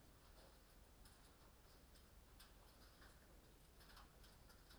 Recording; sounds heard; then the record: poultry house recording; no chicken sound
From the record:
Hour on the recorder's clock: 20